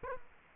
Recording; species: mosquito wingbeat signal from an infrared sensor; Culex quinquefasciatus